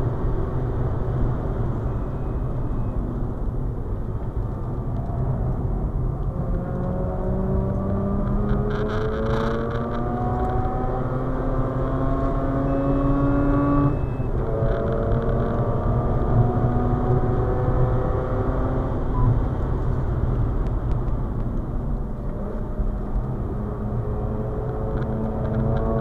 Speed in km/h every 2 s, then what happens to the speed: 116, 88, 78, 90, 110, 120, 128, 139, 149, 125, 92, 94, 100.
0-4 brakes to 78. 4-17 speeds up to 149. 17-20 brakes to 92. 20-26 speeds up to 100.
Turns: 0-7, 19-26.